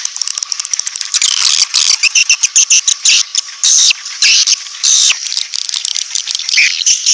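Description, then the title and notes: Swiftlets giving bursts of shrill, buzzy chirps separated by short gaps, with fast clicking notes between the bursts. Swiftlet sound used in swiftlet farming in Asia. "Swiflet Bird Sound. Farming Swiflet Bird asia sound"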